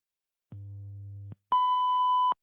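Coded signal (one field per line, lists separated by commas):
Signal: radio time signal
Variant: WWV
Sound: short low hum, pause, then one steady high beep lasting under a second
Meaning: The long 1 kHz tone marks the top of the minute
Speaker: At the tone, 13 hours, 39 minutes, Coordinated Universal Time.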